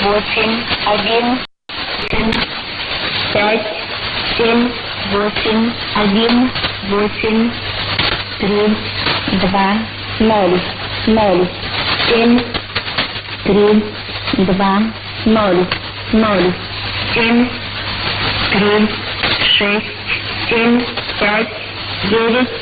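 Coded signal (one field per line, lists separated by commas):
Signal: numbers station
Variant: S06s, Russian female voice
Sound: female voice reading Russian digits one by one in an even rhythm over low hum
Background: radio static, low hum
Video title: 27 09 2017 Numbers station S06s Russian Lady in Russian to Eu 0830 on 9255 unknown tx site in CUSB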